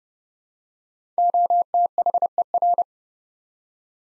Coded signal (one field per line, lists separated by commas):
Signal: Morse code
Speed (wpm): 30 wpm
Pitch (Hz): 700 Hz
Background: none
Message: OTHER